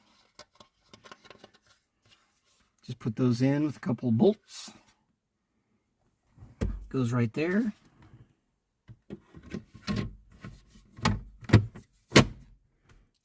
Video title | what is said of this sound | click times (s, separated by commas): Practical 3d print for everyday between all the good reviews | Snaps into place very nicely. | 11.1 s, 11.5 s